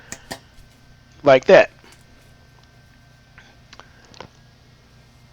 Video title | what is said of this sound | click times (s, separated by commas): Plumbing Repairs Simplified | que vous avez bien compris, vous appuyez simplement et vous entendrez le petit clic, cliquez comme | 0.1 s, 0.3 s